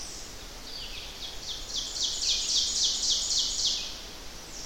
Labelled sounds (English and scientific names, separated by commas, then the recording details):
Ovenbird (Seiurus aurocapilla) song
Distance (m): 20 m
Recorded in boreal forest in Alberta, Canada, on 10 June 2016 at 07:00
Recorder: SongMeter 3, array SBT-3-39
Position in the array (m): 197 m, 89 m
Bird 17